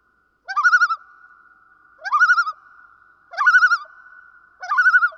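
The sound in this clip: Common loon tremolo calls, four rapid wavering quavers, each opening with a rising slur and repeated roughly every one and a half seconds, with a steady ringing tone lingering between.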